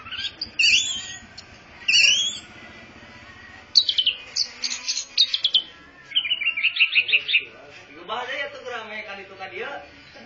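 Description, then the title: Orange-headed thrush song with varied whistled phrases, slurred rising notes and a quick run of repeated chirps, separated by short pauses, a faint low hum beneath. Described as a champion bird, singing persistently in a rapt, intense style. "Suara Burung Anis Merah Gacor Teler Doyorng Juara"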